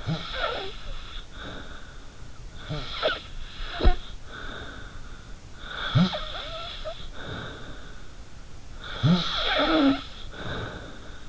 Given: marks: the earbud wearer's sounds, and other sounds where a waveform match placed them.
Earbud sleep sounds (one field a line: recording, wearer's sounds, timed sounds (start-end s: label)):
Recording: sounds in sleep by an in-ear microphone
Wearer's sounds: snoring breath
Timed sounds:
0.00-2.18 s: snoring breath
2.57-5.22 s: snoring breath
3.69-3.97 s: sound from someone else or the room
5.64-8.11 s: snoring breath
8.76-11.29 s: snoring breath